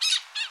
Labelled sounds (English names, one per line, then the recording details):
Brown-throated Parakeet contact call
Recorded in Curacao
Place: Hoffi Jan Thiel
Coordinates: 12.094, -68.877